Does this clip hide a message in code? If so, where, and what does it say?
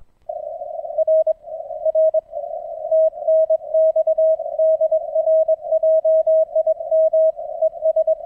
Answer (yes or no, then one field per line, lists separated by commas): yes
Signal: Morse code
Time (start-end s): 1.0-8.1 s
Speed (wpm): 23 wpm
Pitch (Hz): 640 Hz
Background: none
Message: RR TNX DR JIM ES